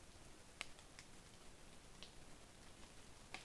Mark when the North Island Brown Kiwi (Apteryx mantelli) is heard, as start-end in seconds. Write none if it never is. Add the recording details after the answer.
none. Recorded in New Zealand on 21 November 2014. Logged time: 04:57. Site CL78